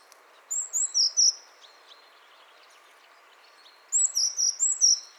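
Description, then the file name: Eurasian blue tit call: two rapid bursts of high, thin, slightly buzzy notes, four then five, separated by a pause of about two and a half seconds, over low hiss. "Cyanistes caeruleus"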